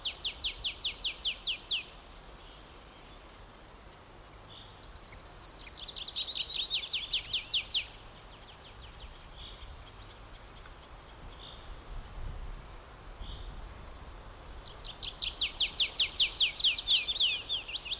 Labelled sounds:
Willow Warbler (Phylloscopus trochilus)
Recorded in the wild
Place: Mühlenbecker Wald, Brandenburg, DE
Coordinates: 52.69, 13.37
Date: 1992-06-27 13:15
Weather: sonnig, 22-26°C
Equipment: Marantz CP 430, Sennheiser ME 80, Kopie Tesla B 116
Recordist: Tembrock, Günter

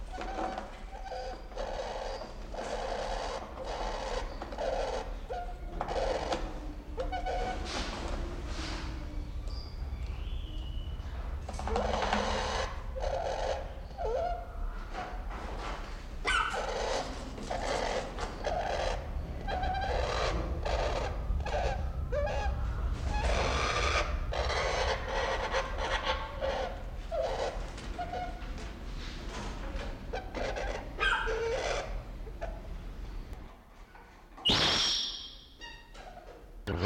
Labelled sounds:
Malabar Pied Hornbill (Anthracoceros coronatus) call
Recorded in captivity
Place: Zoo Berlin, Berlin, DE
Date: 1992-07-11 11:40
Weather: bedeckt, z.T. Regen, 17-22°C
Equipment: Marantz CP 430, Sennheiser ME 80, Kopie Tesla B 116
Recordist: Tembrock, Günter

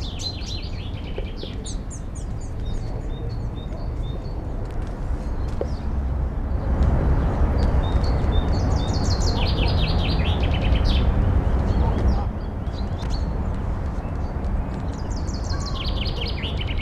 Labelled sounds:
Common Chaffinch (Fringilla coelebs)
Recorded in the wild
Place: IT
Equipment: Uher 4000
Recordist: Tretzel, Erwin

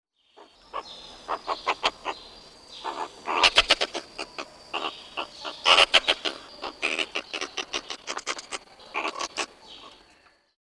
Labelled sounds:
Meerkat (Suricata suricatta)
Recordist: Tembrock, Günter
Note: Abwehrlaute

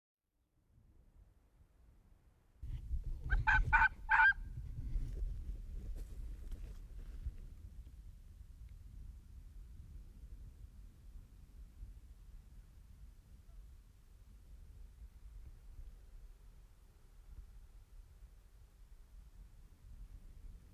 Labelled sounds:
Arctic Fox (Vulpes lagopus) barking
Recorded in the wild
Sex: male
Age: adult
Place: Insel Mednyi, Kommandeur-Inseln, RU
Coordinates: 54.5167, 168.083
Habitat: tundra
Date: 1999-06-24 13:49
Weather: fog, sight around 10 m, ca. 5°C, weak winds
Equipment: Sony TCD-D8, Sennheiser MKH 70, Windkorb
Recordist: Frommolt, Karl-Heinz
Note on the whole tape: Bereich Pereshejek, Nordrand des Reviers um Höhle 2: 3 Bellstrophen von Polarfuchsrüde (Alopex lagopus) rechts Gelb/Weiß 5 (geb. 1997), nachdem 3 Personen das Territorium von Süd nach Nord durchquert hatten. Das Tier lag an der Höhle und ist vor Beobachtern davongelaufen. Die ersten 5 Bellstrophen wurden nicht aufgezeichnet. Entfernung 20 m. Zwischen Tier und Mikrofon waren keine Hindernisse. Tier hat oberhalb von Felsen in Richtung Beobachter gebellt

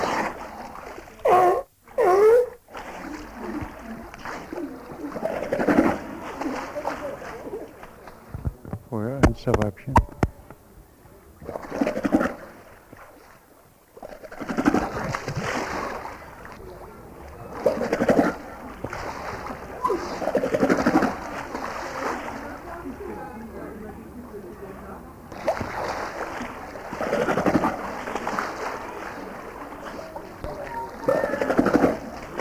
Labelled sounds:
California Sea Lion (Zalophus californianus) call
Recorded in captivity
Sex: pair
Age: adult
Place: Zoo Karlsruhe, Baden-Württemberg, DE
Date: 2000-09-26 16:09
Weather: fair, 16-17°C
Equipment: Nagra SN, Kopie Uher 4000 Report Monitor
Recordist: Tembrock, Günter

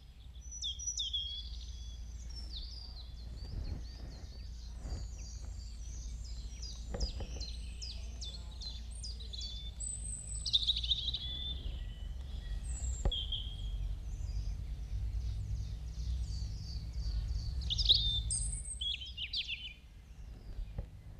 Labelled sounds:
Eurasian Blackcap (Sylvia atricapilla) song
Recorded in the wild
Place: Lana, Bozen, IT
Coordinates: 46.5903, 11.1469
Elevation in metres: 699
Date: 1981-03-29
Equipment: Uher 4000 Report, Sennheiser MKH 815 T
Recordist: Tretzel, Erwin

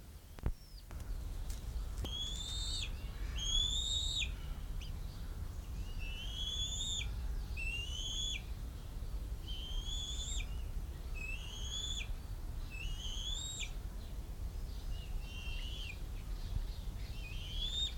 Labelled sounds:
Bald Eagle (Haliaeetus leucocephalus)
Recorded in captivity
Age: juvenile
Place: Zoo Berlin, Berlin, DE
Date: 1994-07-02 10:44
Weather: sonnig, 18-24°C
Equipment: Marantz CP 430, Sennheiser ME 80, Kopie Uher Variocord 263
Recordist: Tembrock, Günter

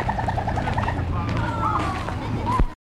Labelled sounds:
Western Hoolock Gibbon (Bunopithecus hoolock)
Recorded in captivity
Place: Ruhrzoo Gelsenkirchen, Nordrhein-Westfalen, DE
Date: 1960-06-10 12:00
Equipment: Vollspur Reporter
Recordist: Tembrock, Günter
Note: Ende einer Rufreihe, Abstand ca. 30 m

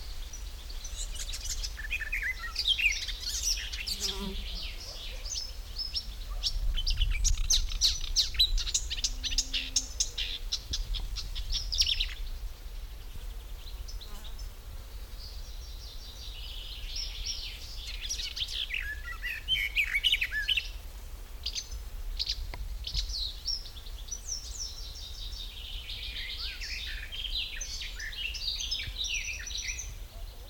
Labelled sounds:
Marsh Warbler (Acrocephalus palustris)
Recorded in the wild
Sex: male
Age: adult
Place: Kremmen, Brandenburg, DE
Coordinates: 52.76, 13.03
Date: 1995-06-03 11:30
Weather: heiter, 18°C
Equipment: Marantz CP 430, Sennheiser ME 80, Kopie Uher 4000 Report Monitor
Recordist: Tembrock, Günter

